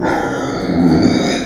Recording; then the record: squeal of a Yucatan mini pig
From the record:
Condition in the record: before surgery on the right vocal fold (resection and tissue-engineered implant); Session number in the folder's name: 1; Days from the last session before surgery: -21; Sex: female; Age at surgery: 19 weeks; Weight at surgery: 25 kg